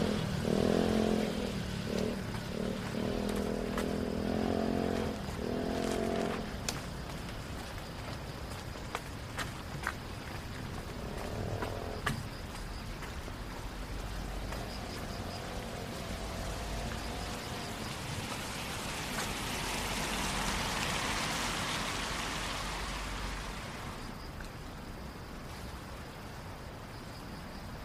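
A rainy night walk downtown: a steady hiss of rain runs throughout, with scattered sharp clicks and taps. Voices murmur in the first six seconds and briefly near twelve, and a vehicle swells past around eighteen to twenty-four seconds before fading.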